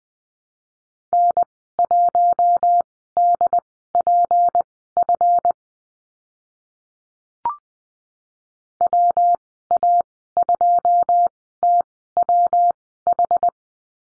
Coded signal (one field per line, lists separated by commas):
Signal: Morse code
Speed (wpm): 20 wpm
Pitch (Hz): 700 Hz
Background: none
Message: N1DPF WA2TWH